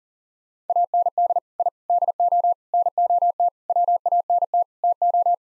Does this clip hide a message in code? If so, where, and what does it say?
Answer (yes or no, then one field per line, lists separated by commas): yes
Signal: Morse code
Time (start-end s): 0.7-5.3 s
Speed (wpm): 40 wpm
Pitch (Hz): 700 Hz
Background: none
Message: AND I DO NOT WANT TO